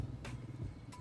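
A shower hose quick-connect fitting is pressed straight into the outdoor shower valve connection on a van. A short, sharp click is heard at 0.2 seconds, set against steady low-frequency rumble, with another brief bright burst near the end. The fitting seats and is connected.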